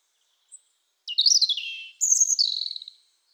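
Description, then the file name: European robin song: a high thin note, then two sweet warbling phrases that slide downward and trill, each about a second long. "Erithacus rubecula"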